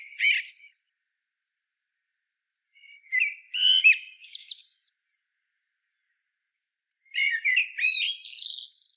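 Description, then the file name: Common blackbird song in three short phrases a few seconds apart, each a brief mellow warble ending in a squeaky, high twittering flourish, against silence. "Turdus merula"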